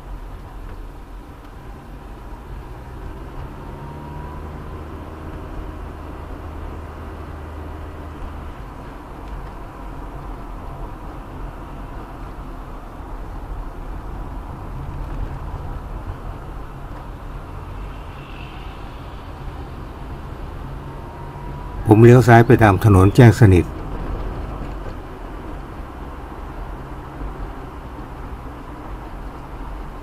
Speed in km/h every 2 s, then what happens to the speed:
23, 27, 32, 37, 37, 35, 32, 27, 23, 22, 28, 32, 39, 41, 43.
0-6 speeds up to 37. 6-15 slows to 23. 18-30 speeds up to 43.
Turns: none.